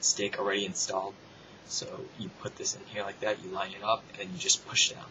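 A man talks while a DDR3 laptop memory stick is lined up at an angle in the SO-DIMM slot of a Lenovo Y570 for a RAM upgrade, ready to be pushed down until the retaining clips click over it. Only speech is heard, with no distinct handling sounds. Nothing has seated or clicked yet.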